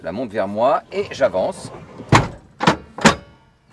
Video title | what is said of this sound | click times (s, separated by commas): Démonstration complète Volkswagen T6 California | Et par le petit clic, je m'assure qu'elle est bien bloquée. | 3.1 s